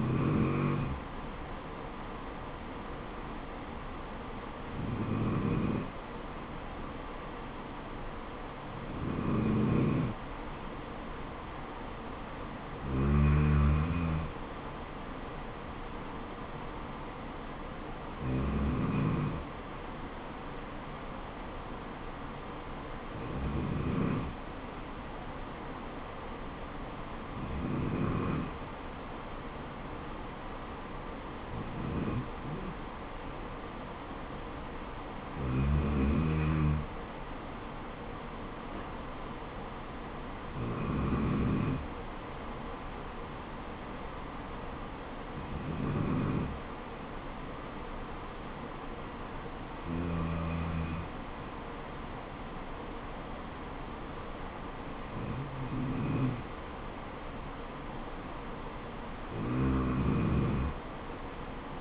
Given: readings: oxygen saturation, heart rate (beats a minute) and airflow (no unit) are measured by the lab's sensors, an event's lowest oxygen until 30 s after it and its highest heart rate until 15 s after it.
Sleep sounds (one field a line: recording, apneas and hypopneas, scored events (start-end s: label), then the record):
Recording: breathing in sleep by a voice recorder at the bedside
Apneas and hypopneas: none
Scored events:
none scored
From the record:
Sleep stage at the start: N2 (light sleep)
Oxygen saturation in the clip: 92 to 93%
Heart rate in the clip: 66 to 76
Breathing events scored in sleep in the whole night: 426 in 7.4 hours asleep